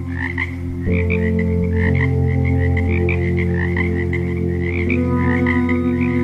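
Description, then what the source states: Frog croaks quickly and irregularly in rattling notes while loud held music tones drone underneath, shifting pitch several times. Frog sounds as ambient nature sounds.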